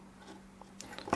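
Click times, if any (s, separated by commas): 1.1 s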